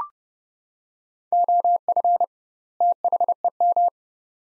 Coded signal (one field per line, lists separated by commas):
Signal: Morse code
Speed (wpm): 30 wpm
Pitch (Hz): 700 Hz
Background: none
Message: OF THEM